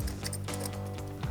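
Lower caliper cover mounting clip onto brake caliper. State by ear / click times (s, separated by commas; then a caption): not seated / none. The bottom metal mounting clip for an MGP brake caliper cover with the GMC logo, made for a 2019-2026 Sierra 1500, is being pushed over the lower edge of the brake caliper. Light handling taps and scrapes sit over a steady tonal background hum. Nothing has seated or clicked yet.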